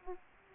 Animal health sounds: mosquito wingbeat signal from an infrared sensor; Aedes aegypti

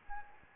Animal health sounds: mosquito wingbeat signal from an infrared sensor; Anopheles gambiae

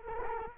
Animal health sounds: mosquito wingbeat signal from an infrared sensor; Culex quinquefasciatus

